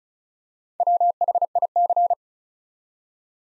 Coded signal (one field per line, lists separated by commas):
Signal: Morse code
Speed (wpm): 36 wpm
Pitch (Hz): 700 Hz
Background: none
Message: WHIC